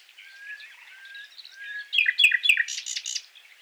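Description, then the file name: Common nightingale song: soft wandering whistles build into a burst of loud, harsh, scratchy notes before fading. "Luscinia megarhynchos"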